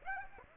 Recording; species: mosquito wingbeat signal from an infrared sensor; Aedes aegypti